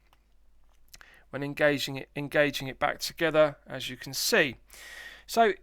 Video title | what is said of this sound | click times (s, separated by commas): Tudor Pelagos 25600TB 4K Watch Review | very well executed and i'll show you it's got a nice positive click when | 0.9 s, 1.0 s